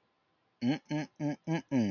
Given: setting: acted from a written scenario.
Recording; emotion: vocal sound without words; desire